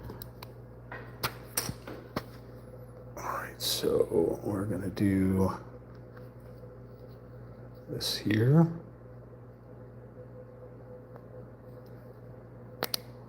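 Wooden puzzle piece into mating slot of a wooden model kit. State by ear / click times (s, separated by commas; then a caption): seated / 12.8 s, 12.9 s. A laser-cut wooden piece of a 3D wooden puzzle kit is pressed into its mating slot while someone talks, with light handling taps early on. The piece seats with a sharp double click at 12.8 and 12.9 seconds, locking into place.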